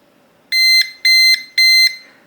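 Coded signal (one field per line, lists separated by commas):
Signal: beep code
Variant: Kwikset electronic lock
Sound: three short, shrill electronic beeps about 2 kHz, evenly spaced, in quick succession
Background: small quiet room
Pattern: 3 short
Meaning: The factory reset is complete and the lock is back to defaults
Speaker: Okay, once you hear those three short beeps, the reset is complete and now the lock is back to factory defaults.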